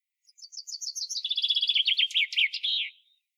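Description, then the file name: Common chaffinch song: a bright descending series of sharp notes speeding into a rattling trill, ending in a short flourish, about three seconds long. "Fringilla coelebs"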